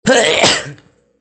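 A single adult sneeze: a sudden broadband burst lasting under a second, then fading out.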